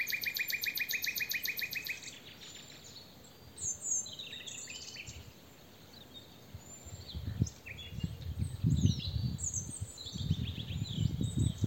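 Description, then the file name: Nightingale song: a fast, even series of repeated notes for two seconds, then varied whistled and chattering phrases, with low rumbling noise growing louder later. "Luscinia megarhynchos"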